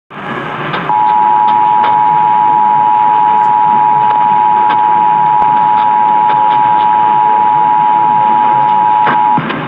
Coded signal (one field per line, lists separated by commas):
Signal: Emergency Alert System (SAME) tones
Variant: 853 and 960 Hz attention tone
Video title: Iowa RMTs on WHO and KXEL (2/2/22)(EAS 1073-1074)